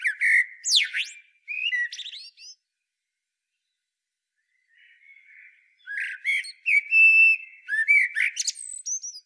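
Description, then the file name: Common blackbird: a loud squeaky twitter and fluted notes, a quiet gap with soft subdued warbling, then another flourish of whistles and high chatter. "Turdus merula"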